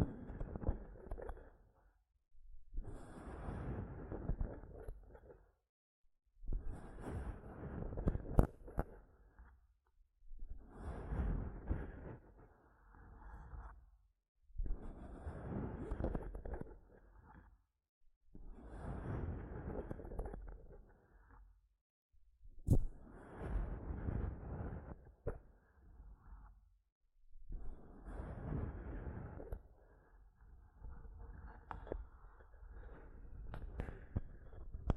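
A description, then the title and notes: Microphone scratching in repeated bursts of rough, low rustling, each lasting about two seconds, separated by brief silences, with occasional sharp taps. ASMR Mic Tapping and Scratching (No Talking).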